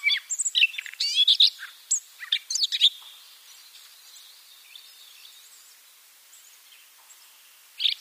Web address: Schulze Peter Siberian Rubythroat song